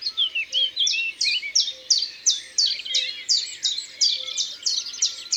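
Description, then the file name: Common chiffchaff song: a steady run of sharp, high, down-slurred notes, roughly three a second, alternating slightly in pitch. "Pouillot veloce ABC des chants doiseaux"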